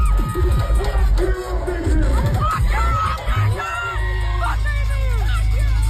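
A loud concert crowd at a festival in Vancouver, Canada cheers and shouts, with scattered whoops and yells rising over dense babble and a steady low rumble underneath.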